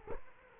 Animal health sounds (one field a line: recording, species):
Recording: mosquito wingbeat signal from an infrared sensor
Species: Culex quinquefasciatus